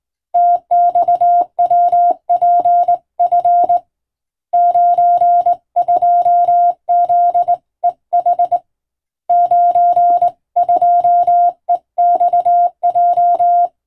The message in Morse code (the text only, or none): TXWPF 92ZEH 92EXJ